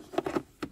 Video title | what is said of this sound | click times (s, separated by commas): Honda Ridgeline 30,000 Miles Service Tune Up | them in and did you hear that click it was the one | 0.6 s